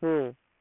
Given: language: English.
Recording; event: throat vibration sensor signal played as sound; speech